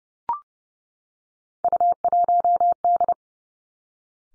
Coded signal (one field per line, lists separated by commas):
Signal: Morse code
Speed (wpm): 30 wpm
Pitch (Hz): 700 Hz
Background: none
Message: U1D